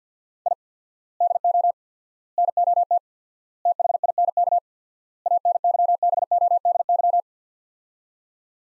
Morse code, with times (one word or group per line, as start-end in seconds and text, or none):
0.5-0.5 I
1.2-1.7 DO
2.4-3.0 NOT
3.7-4.6 THINK
5.3-7.2 ANYBODY